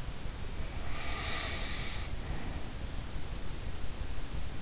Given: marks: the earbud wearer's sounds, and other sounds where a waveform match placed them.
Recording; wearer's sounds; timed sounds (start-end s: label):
sounds in sleep by an in-ear microphone; breath
0.52-2.78 s: breath